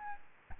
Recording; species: mosquito wingbeat signal from an infrared sensor; Aedes albopictus